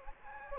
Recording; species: mosquito wingbeat signal from an infrared sensor; Anopheles gambiae